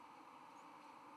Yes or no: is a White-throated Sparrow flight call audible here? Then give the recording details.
no. Another species' flight call is heard. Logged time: 04:23 on 31 October 2014